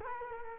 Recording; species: mosquito wingbeat signal from an infrared sensor; Culex quinquefasciatus